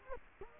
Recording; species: mosquito wingbeat signal from an infrared sensor; Culex quinquefasciatus